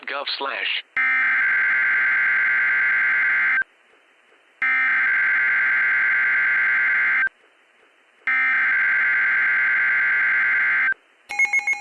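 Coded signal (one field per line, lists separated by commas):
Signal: Emergency Alert System (SAME) tones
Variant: header bursts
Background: speech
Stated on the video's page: Fictional EAS scenario.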